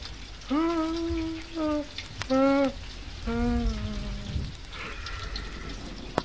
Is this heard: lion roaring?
no